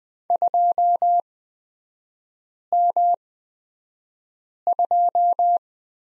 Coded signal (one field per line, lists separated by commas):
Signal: Morse code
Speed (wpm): 20 wpm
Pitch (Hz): 700 Hz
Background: none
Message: 2M2